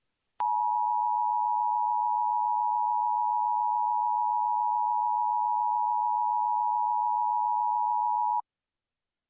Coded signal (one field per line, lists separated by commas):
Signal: Emergency Alert System (SAME) tones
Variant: 853 and 960 Hz attention tone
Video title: KC Presents - EAS Scenario #5: Nuclear Implosion